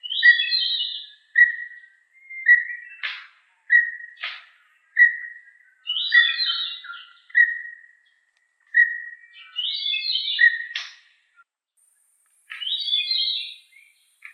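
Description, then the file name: Puff-backed bulbul singing a steady string of short whistled notes broken by higher chattering warbles and a few sharp clicks. "cucak rumbai tungging"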